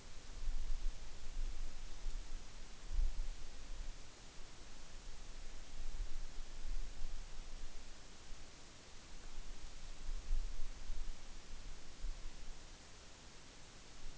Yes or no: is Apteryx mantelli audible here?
no